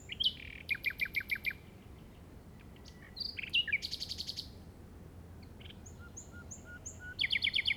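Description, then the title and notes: Common nightingale delivering fast repeated chirping trills, a buzzy rattle and soft piping whistles, phrases broken by brief silences. Llobregat Delta, recorded at 06:00 on 8 May 2015 with a Zoom recorder. "Grabación de ruiseñor común (Luscinia megarhynchos) en el Delta del Llobregat a las 06:00 del 08/05/2015."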